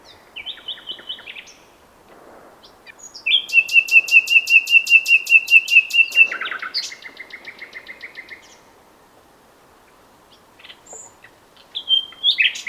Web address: SETE Luscinia megarhynchos